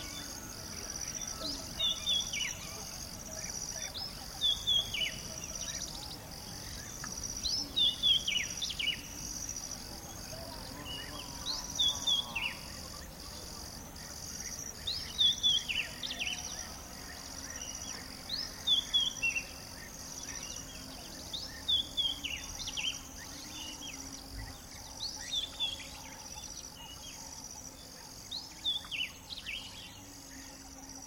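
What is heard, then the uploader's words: Dawn in the Maasai Mara: a dense, steady chorus of insects hums and shimmers high and bright throughout. Bird calls rise out of it in short bursts every few seconds, while a low rumble murmurs faintly underneath. Dawn In The Maasai Mara. It's 5am in Mara North Conservancy, just outside Masai Mara National Reserve in Kenya.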